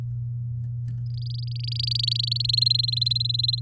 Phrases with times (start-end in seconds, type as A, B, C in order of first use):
1.06-2.42 A, 2.44-3.60 B